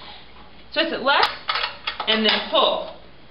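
Someone talks while handling the seat-height locking pin in a spin bike seat post, twisting the knob left to loosen it and pulling so the post can move. A brief faint tick is heard around 1.2 s amid the talking. Nothing has seated or clicked into a height hole yet.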